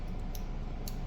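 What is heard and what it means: The hand-sharpened steel cutting blade of a Clovis mechanical crossbow broadhead is closed back into its body, held close to the mic. Two short, sharp clicks sound at 0.4 s and 0.9 s over a low steady hiss. The blade seats against the retaining magnet and is locked closed.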